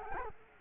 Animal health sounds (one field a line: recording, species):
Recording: mosquito wingbeat signal from an infrared sensor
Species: Culex quinquefasciatus